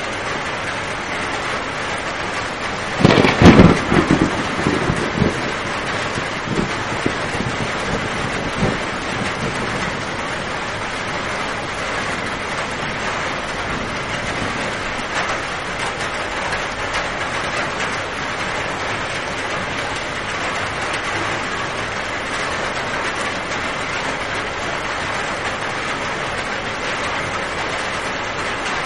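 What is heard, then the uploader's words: A rainstorm pours down in a steady, dense hiss that fills the whole clip without letting up. Just after three seconds a loud, rough burst breaks through for about a second, followed by scattered softer knocks and ticks over the next several seconds. Sounds of rain storms.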